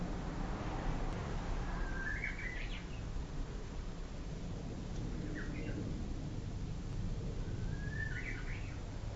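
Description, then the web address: Japanese bush warbler song: three faint phrases, each a slurred note followed by quick short notes, over a steady low rumble. Recorded on 19 March 2007. "kisetsu uguiisu 070319"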